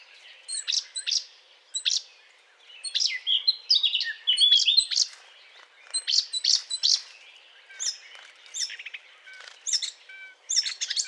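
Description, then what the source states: Eurasian blackcap song, scratchy warbled bursts separated by short pauses, each mixing high sharp notes with lower chatter, over faint hiss. Courtship song.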